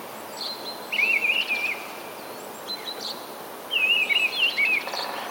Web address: wroblowe kolekcja paszkot